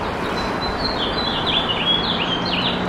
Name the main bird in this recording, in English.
House Finch